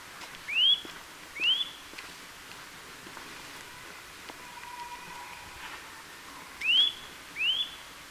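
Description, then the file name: Eurasian nuthatch calling in two pairs of bright rising whistles, separated by a long pause with faint clicks and a soft low whistle in between. "Sitta europaea"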